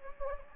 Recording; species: mosquito wingbeat signal from an infrared sensor; Anopheles gambiae